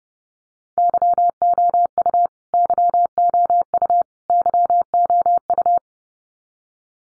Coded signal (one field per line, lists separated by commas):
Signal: Morse code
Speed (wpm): 30 wpm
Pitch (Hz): 700 Hz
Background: none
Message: YOU YOU YOU